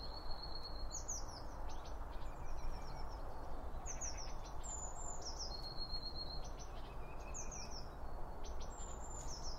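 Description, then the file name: Birds: high twittering phrases with thin whistles and quick chirps repeat throughout over a steady low rumble. Birds around a bird feeder, recorded with two Line Audio OM1 microphones. "Birds Around Birdfeeding With Two Om 1 From Line Audio"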